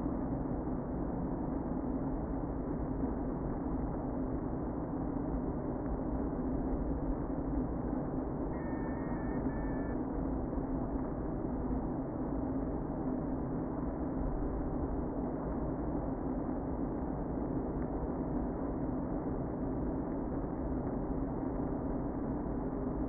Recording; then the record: honeybee colony, microphone inside the hive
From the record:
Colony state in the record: queen present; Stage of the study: before two queens were removed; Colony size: about 60,000 bees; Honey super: yes